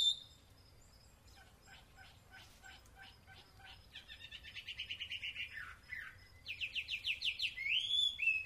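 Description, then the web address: Taiwan hwamei song: faint clicking notes at first, then a rapid rattling trill, a downward slur and a fast series of bright repeated whistles. Recorded at Yushan. "台灣畫眉. Yushan"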